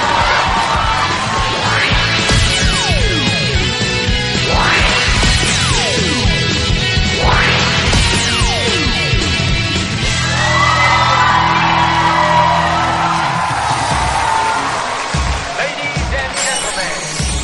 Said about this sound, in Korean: 인기가 굉장히 많이 상승을 요즘 또 방송에 계속 이제 저희 톡투에 나오시다 보니까 박수가 되게 많이 나왔다 이렇게 생각을 할까요?